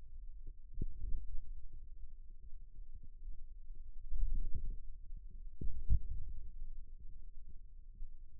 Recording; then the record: forearm muscle sounds (acoustic myography)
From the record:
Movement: wrist flexion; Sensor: system 2, bracelet of six BSWA MPA416 microphones around the upper forearm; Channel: 1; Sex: male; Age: 22 years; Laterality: right